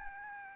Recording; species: mosquito wingbeat signal from an infrared sensor; Aedes albopictus